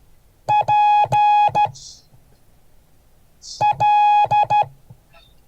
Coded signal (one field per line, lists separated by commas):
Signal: Morse code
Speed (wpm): 14 wpm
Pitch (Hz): 830 Hz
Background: none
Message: PL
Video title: Morse code class 2023-01-18